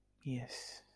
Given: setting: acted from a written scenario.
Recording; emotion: vocal sound without words; sympathy